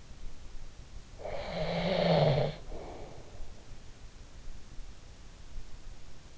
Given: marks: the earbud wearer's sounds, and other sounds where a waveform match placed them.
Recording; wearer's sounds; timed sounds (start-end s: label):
sounds in sleep by an in-ear microphone; snoring breath
1.04-3.45 s: snoring breath